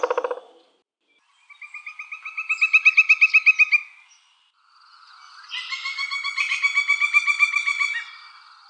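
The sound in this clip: Pileated woodpecker calling: a short burst, then two long series of quick, evenly spaced notes that swell in loudness, several each second, separated by brief silences.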